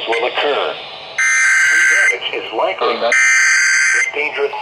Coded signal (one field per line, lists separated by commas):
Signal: Emergency Alert System (SAME) tones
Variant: header bursts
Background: speech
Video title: MODERATE RISK OF SEVERE WEATHER - EAS Alerts From 7/15/24. (EAS 639-699) Part 3.